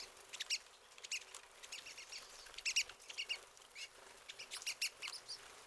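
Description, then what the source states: Pine siskin calls, sharp high chips in quick clusters separated by brief pauses over a quiet background. Several pine siskins.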